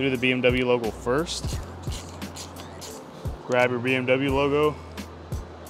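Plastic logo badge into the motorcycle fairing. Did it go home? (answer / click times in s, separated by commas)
no / none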